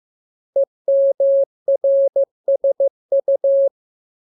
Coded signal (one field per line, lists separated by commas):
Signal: Morse code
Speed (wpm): 15 wpm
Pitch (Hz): 550 Hz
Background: none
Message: EMRSU